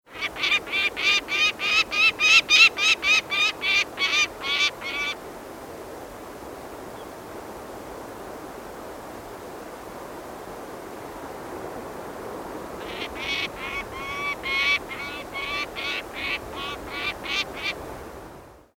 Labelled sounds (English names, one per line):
Peregrine Falcon